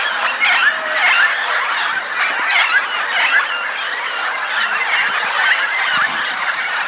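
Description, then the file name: Red-tailed amazons giving a steady stream of harsh, overlapping squawks and squeals, with a high insect whine running throughout. At Itanhaém, São Paulo state, Brazil. "Amazona-brasiliensis 3-RCastro-Itanhaem SP. ASilveira"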